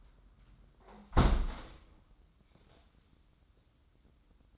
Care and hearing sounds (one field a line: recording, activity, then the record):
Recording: daily activity, microphone in the room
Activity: close window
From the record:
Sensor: 3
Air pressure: 994.3 hPa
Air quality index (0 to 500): 204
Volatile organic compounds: 1000 ppm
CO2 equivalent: 6829 ppm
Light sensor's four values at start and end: 98/231/94/87 and 96/228/92/84